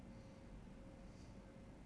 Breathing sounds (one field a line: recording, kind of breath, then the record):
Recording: one breath in and out by a microphone near the nose and mouth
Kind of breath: normal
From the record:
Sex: male